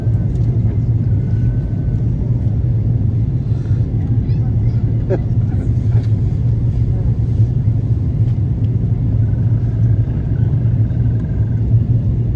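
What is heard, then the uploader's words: Steady, dense engine roar fills the cabin of an Airbus A330 in flight, heavy in the low end with a constant hum. Faint speech-like murmurs and a few brief higher tones surface now and then, with a small click around five seconds. FULL FLIGHT - Airbus A330 Palma to Frankfurt (Condor). Full flights with all of it's sounds including passenger announcements, service and of course the engines.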